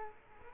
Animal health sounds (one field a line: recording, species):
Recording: mosquito wingbeat signal from an infrared sensor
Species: Culex quinquefasciatus